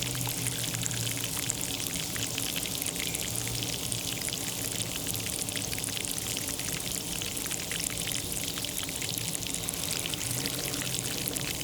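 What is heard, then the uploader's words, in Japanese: Spring water wells up with air, making a dense, steady stream of small bubbling pops and fizzing crackles that never lets up. The sound is bright, with a low watery gurgle and faint hum beneath, and its level stays even throughout. 湧き水 - 座間谷戸山公園 04:30pm。湧き水と一緒に出ている空気の音を録ってみました。マイクロフォン：TASCAM Portacapture X8（内蔵XYステレオ）、JrF microphones STANDARD HYDROPHONE×2。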